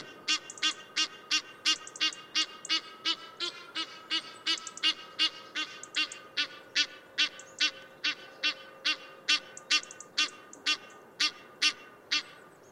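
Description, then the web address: Egyptian goose in a sustained bout of hoarse, nasal honks, quick and fairly steady in pace, repeated about two and a half times a second over low background noise. "Tierstimmen Nilgans"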